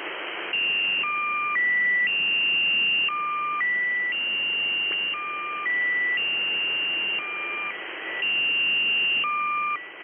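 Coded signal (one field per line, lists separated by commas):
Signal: channel marker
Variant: Squeaky Wheel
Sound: looping squeaky tone melody: two-tone chord, lower tone, high tone, repeating over hiss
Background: radio static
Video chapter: 01:33 channel maker start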